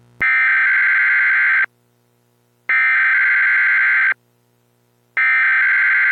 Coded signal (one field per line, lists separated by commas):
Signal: Emergency Alert System (SAME) tones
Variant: header bursts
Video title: EAS Scenario #1: Silent Phantoms-Part 1